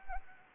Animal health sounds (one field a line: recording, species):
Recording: mosquito wingbeat signal from an infrared sensor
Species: Anopheles arabiensis